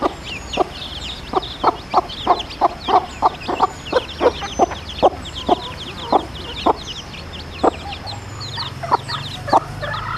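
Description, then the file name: Red junglefowl hen clucking in a steady run of short, low notes, while chicks peep softly and high in the background. Wild hen calling her chicks. "Tieng ga mai rung goi con"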